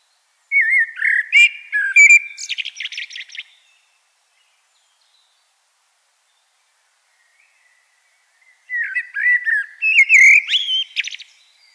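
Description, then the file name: Common blackbird song: a rich whistled phrase ending in a chattering squeak, then a long silence before a second similar phrase. "Turdus merula"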